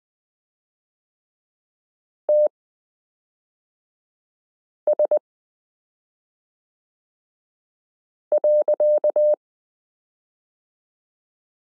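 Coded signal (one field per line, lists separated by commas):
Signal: Morse code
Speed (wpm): 20 wpm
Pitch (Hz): 600 Hz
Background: none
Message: T S .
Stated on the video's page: Morse listening lesson 12 in a Koch-method variation, adding the period to characters m k r s u a p t l o w i.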